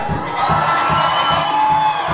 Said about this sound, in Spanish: Da un grito de júbilo, bro.